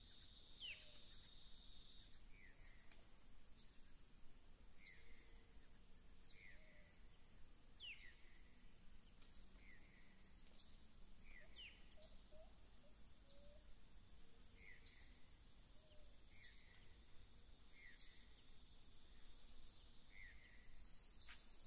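Atlantic tropical forest ambience with a steady, dense hiss of insects ringing high throughout. Over it, birds call in short repeated chirps and quick downward whistles every second or two, with a few faint low hoots and murmurs underneath.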